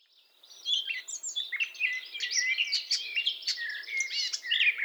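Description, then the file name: Eurasian blackcap warbling steadily: a dense jumble of chirps and short whistles with a few sharp clicking notes, continuous throughout. "Sylvia atricapilla"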